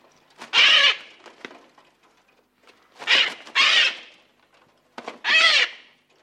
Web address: papuga ze zlamanym skrzydlem nie moze wzbic sie w powietrze